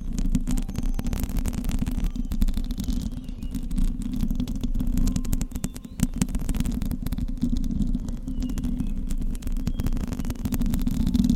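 Fingernails scratch steadily across a microphone, producing a dense, continuous low rumble with rapid crackling ticks spread throughout. The scratching stays close and fairly even for the whole stretch, with brief sharper clicks around two and six seconds and no pauses.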